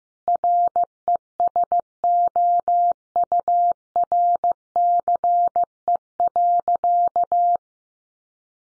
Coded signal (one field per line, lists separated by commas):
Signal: Morse code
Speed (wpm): 15 wpm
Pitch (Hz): 700 Hz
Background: none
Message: RESOURCE.